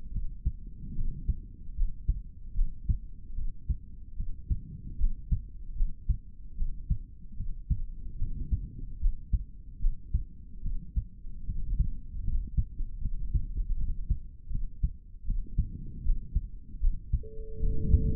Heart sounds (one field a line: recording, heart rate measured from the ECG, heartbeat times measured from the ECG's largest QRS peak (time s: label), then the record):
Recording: heart sounds by stethoscope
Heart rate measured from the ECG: 76 bpm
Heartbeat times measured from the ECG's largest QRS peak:
0.11 s: heartbeat
0.94 s: heartbeat
1.75 s: heartbeat
2.54 s: heartbeat
3.34 s: heartbeat
4.16 s: heartbeat
4.97 s: heartbeat
5.75 s: heartbeat
6.55 s: heartbeat
7.36 s: heartbeat
8.17 s: heartbeat
8.99 s: heartbeat
9.80 s: heartbeat
10.62 s: heartbeat
11.45 s: heartbeat
12.23 s: heartbeat
13.00 s: heartbeat
13.77 s: heartbeat
14.50 s: heartbeat
15.25 s: heartbeat
16.03 s: heartbeat
16.80 s: heartbeat
17.59 s: heartbeat
From the record:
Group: healthy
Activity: rest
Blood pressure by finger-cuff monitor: 93/56 mmHg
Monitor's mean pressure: 70 mmHg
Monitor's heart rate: 74 bpm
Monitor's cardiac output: 4.2 L/min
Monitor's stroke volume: 57 mL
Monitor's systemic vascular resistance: 1180 dyn s/cm5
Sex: male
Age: 55 years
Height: 167 cm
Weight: 57.2 kg